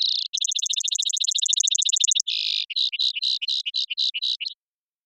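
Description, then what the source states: Brewer's sparrow song: a rapid, dense trill on two pitches, then a slower series of buzzy notes. Several males singing or counter-singing in a high subalpine sagebrush meadow, Okanogan Mountains, sagebrush steppe of North America; mirthful, playful, bubbling voice; sings teetering on swaying sage-stalk tips.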